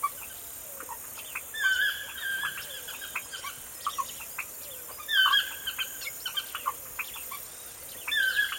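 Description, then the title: Birds singing, bright whistled phrases and quick chirps from several birds in recurring bursts over a soft background hiss. Birds singing in a forest in the morning. "Звуки птиц в лесу. Morning birdsong in the forest"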